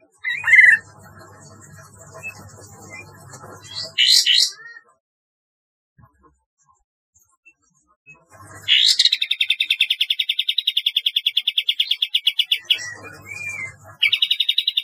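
Bulbul song: a few sharp whistled notes, a long, fast, buzzy trill of even pulses lasting about four seconds, and a gap of near silence, over a faint low hum.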